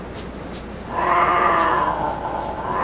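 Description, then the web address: Cougar call: a drawn-out, wavering, cat-like yowl lasting nearly two seconds, over a steady, high, rhythmic insect-like chirping that continues throughout. Cougars mating; more than one animal. "Greg Cougar"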